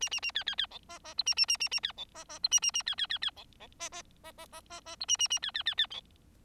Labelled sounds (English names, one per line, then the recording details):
Bengalese Finch song
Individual Bird4